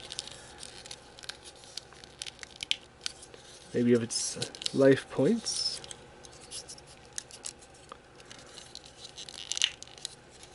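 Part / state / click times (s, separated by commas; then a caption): plastic model kit piece onto assembled model / seated / 9.6 s. A plastic model kit piece is pressed onto an assembled model, and it snaps into place with a sharp click at 9.6 s. Someone talks around the 4–6 s mark, and faint handling ticks and rustles come before the snap.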